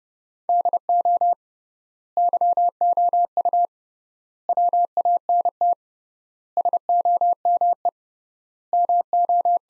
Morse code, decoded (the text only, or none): DO YOU WANT SOME MO